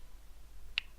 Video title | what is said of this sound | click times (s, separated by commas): Review: Cool Animated RGB Blinking Star from ICStation! | we go now it snapped into place so it is | 0.8 s